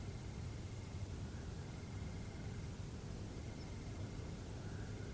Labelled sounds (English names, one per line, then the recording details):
none
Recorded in France